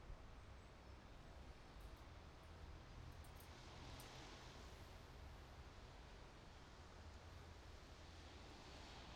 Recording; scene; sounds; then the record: everyday scene through a hearing-aid microphone; wind on the microphone; gentle breeze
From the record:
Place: parking lot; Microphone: in the ear canal, right